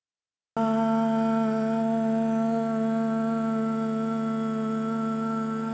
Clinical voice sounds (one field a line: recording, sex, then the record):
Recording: sustained vowel /a/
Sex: female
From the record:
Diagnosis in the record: healthy control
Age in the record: 62 years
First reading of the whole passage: 101 s, 4.7 characters per second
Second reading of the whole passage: 77 s, 5.9 characters per second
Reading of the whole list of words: 66 s, 3.9 characters per second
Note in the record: marked for poor recording quality or reading difficulty